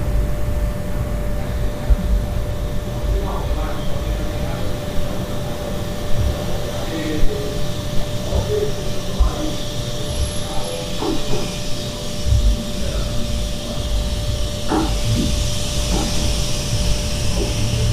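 Ambient sound in a hostel room: a constant low rumble and hum with a thin steady tone running through it. Faint voices and small knocks and clicks surface now and then, clustered around the middle and near the end.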